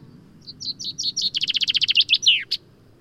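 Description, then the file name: Common chaffinch song: spaced chirps lead into a quick rattling trill, ending in a swooping descending flourish and one last sharp note. "Fringilla coelebs"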